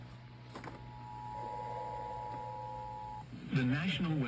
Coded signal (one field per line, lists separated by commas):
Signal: Emergency Alert System (SAME) tones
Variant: 853 and 960 Hz attention tone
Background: speech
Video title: LATE NIGHT SCARES! EAS Alerts #1-4 from 8-10-26 on 100.5 WKXA using NWS offices KILN and KCLE